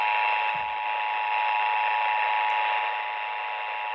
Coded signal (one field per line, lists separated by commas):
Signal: Emergency Alert System (SAME) tones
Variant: 853 and 960 Hz attention tone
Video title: EAS Alerts From 11/8/25: A Compilation (EAS 1071-1078)